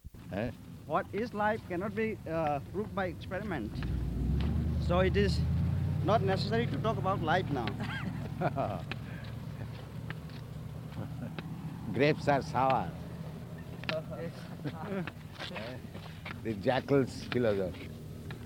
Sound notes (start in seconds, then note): 7.4 laughs; 14.3 devotees laugh